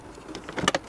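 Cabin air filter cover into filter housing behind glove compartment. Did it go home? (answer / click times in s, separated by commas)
yes / 0.7 s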